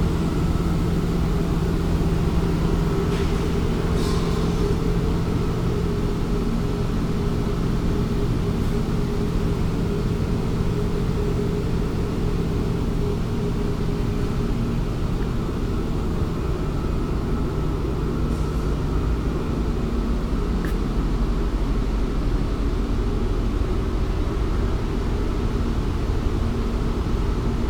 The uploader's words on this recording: The most obvious sounds heard here are the HVAC and electrical systems. Fire alarm and protection systems, hallways and storage area.